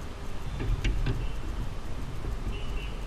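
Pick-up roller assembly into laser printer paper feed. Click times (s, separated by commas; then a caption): 0.8 s, 1.1 s. A replacement plastic pick-up roller assembly is lined up by its tabs and pressed into the paper feed of an HP LaserJet 600 laser printer (M601dn, M601n, M602n, M602dn, M603dn). Two soft clicks are heard at 0.9 s and 1.1 s over a steady low rumble. The roller snaps into place and is seated.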